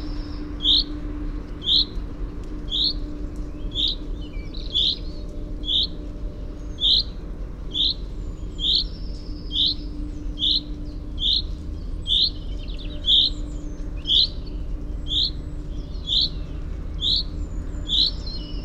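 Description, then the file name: Common chaffinch giving a long series of short, sharp call notes, repeated about once a second, over a low constant hum. "Fringilla coelebs"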